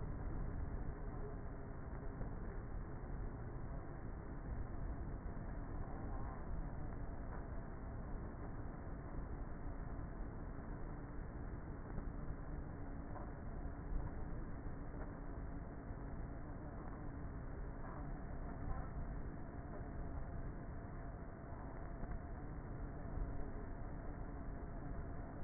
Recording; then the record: honeybee colony, microphone inside the hive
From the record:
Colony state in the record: queenless with a low population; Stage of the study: before two queens were removed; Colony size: about 30,000 bees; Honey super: no